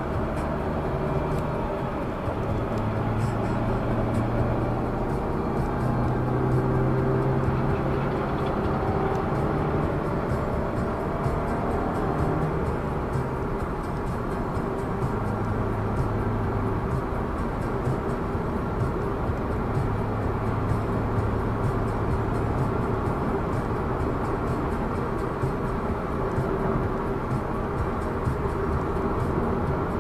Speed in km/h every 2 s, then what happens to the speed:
71, 74, 80, 87, 94, 100, 99, 99, 101, 101, 103, 106, 105, 104, 105.
0-10 speeds up to 100. 10-30 steady at about 101.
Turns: none.